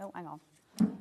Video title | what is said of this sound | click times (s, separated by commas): Sewing Street Live | click straight into there go you hear it click in you hear it click in brilliant | 0.8 s